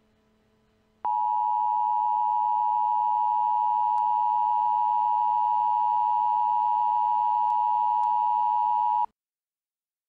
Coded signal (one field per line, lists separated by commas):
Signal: Emergency Alert System (SAME) tones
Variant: 853 and 960 Hz attention tone